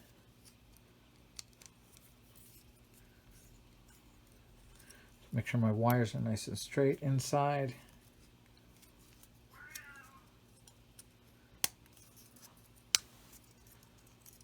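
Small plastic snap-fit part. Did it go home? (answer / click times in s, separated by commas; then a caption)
yes / 11.6 s, 13.0 s. Someone talks while the LED wires are tucked straight inside the plastic lower nacelle part of a lit scale USS Shenzhou starship model kit. The part is then pressed onto its mating part, giving two sharp snaps at 11.6 s and 13.0 s as it seats firmly in place.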